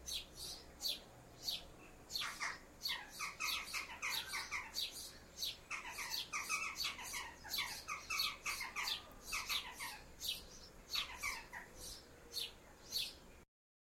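Jackdaws giving short, harsh chak calls that tumble over one another in irregular clusters.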